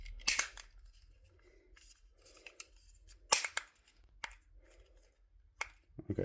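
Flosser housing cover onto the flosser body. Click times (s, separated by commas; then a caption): 0.3 s, 0.4 s, 3.3 s, 3.6 s, 4.2 s. The plastic housing shell of a Philips Sonicare power flosser is snapped back onto the flosser body after an internal repair of its broken tube. Sharp plastic clicks land at 0.3, 0.4, 3.3, 3.6 and 4.2 seconds, and someone talks briefly. The housing clicks back on and is seated.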